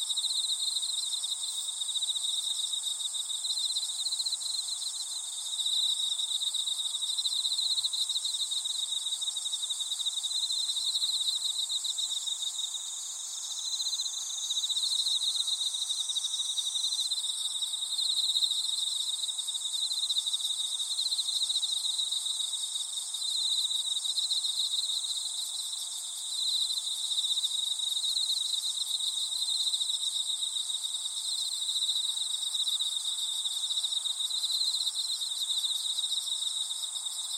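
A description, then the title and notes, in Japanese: Insects calling from the grass keep up a dense, unbroken chorus for the whole stretch, high and bright like crickets trilling together. The level barely shifts, dipping only briefly now and then, with no low sounds and no other events beneath the buzzing. 3分間だけ、草むらにいる虫の声が聴こえます。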